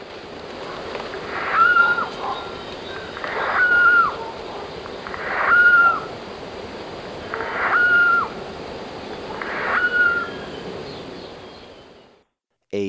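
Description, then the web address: Turquoise jay making a steady run of rasping calls, each carrying a thin whistled tone, roughly every two seconds, before the sound cuts out. Recorded in Ecuador, South America. "S America Birds of Ecuador Turquoise Jay"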